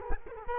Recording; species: mosquito wingbeat signal from an infrared sensor; Culex quinquefasciatus